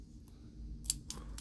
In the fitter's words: You hear that little snap? You can see the needle coming out right there, the pin.